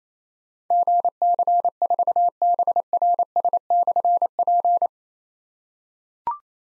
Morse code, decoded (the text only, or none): GC4BRS/P